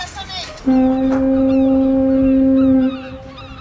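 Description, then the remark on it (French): A special school bell at a Saint-Nazaire secondary school named after Anita Conti, made of seaside sounds and marking the end of classes: a loud, steady, low foghorn blast lasting about two seconds, preceded by brief, faint high calls like gull cries. “Il te ressemble car on a mis en place une sonnerie spéciale.”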